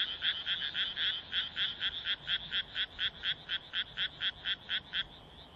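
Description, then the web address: Frog croaking in a quick, regular series of sharp clucking notes, continuing for several seconds. "kaeru kaeru"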